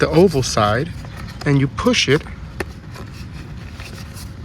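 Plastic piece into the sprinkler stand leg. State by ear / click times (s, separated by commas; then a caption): seated / 2.6 s. Someone talks while the oval end of a plastic piece is pushed into a leg of a UFO Rocket Launcher sprinkler stand. A single sharp hit sounds at 2.6 s as the piece seats in the leg, followed by quiet background noise.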